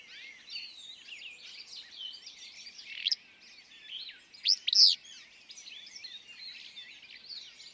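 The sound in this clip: Willow flycatcher song: a few sharp, burry phrases standing out over continuous high twittering.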